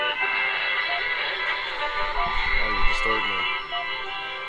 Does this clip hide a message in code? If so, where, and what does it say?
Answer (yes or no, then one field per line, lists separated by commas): no